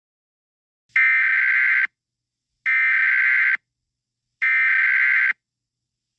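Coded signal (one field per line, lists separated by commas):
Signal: Emergency Alert System (SAME) tones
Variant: header bursts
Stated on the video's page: Fictional EAS scenario, not a real alert.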